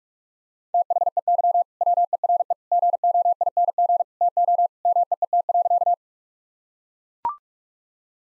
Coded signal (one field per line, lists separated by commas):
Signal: Morse code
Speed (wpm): 41 wpm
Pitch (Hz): 700 Hz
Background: none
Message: THEY WERE GOING TO MEET.